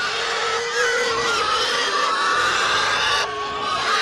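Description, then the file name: Domestic pigs squealing almost continuously, a dense wall of high shrieks from many animals. Herd of many pigs grunting and screaming. "smartsound ANIMAL PIG Herd Grunt Scream Many"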